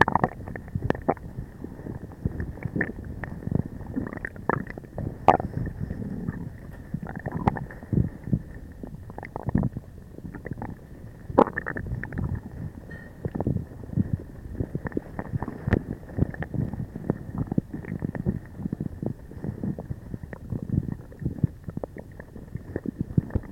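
Gurgling belly sounds churn without pause for the whole stretch, a dense run of low bubbling rumbles and wet squelches. Sharper pops and clicks break through every second or so, some louder than others, over a steady murky low murmur.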